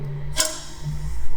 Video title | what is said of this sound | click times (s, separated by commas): Parts PSA Ep. 3: Proper Touring Backrest Installation | move forward you can hear them click | 0.4 s